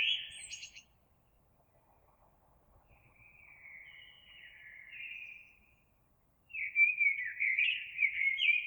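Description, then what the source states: Eurasian blackbird song: a squeaky ending, a soft, quieter warble, then a loud fluty whistled phrase. Recorded 26 April 2022.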